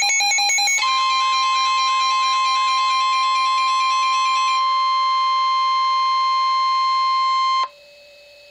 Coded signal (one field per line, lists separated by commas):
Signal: Emergency Alert System (SAME) tones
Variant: 1050 Hz attention tone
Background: music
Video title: EAS Alert #109- Flash Flood Warning 5/4/12